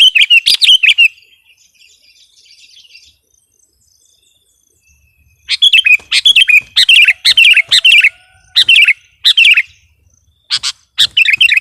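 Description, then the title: Sooty-headed bulbul: a burst of chirps, a quiet stretch, then lively repeated gurgling phrases and sharp notes. "kutilang"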